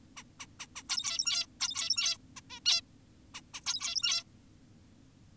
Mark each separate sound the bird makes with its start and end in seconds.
0.17-0.23, 0.40-0.46, 0.60-0.67, 0.76-0.83, 0.89-1.46, 1.60-2.18, 2.37-2.41, 2.50-2.60, 2.66-2.81, 3.34-3.41, 3.54-3.61, 3.66-4.24